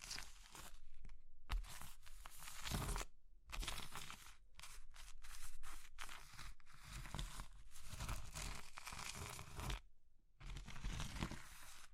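Crushing of soft, crumbly material like soap, chalk or meringue, in bursts of dry, crisp crunching and crumbling. The grinding comes in uneven stretches of a second or two, broken by short silent gaps, with a low thud at the start of some bursts.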